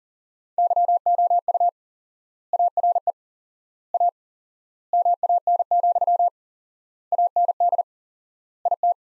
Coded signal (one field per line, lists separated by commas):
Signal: Morse code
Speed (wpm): 37 wpm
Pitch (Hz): 700 Hz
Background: none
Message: YOU ARE A MAN, AND IT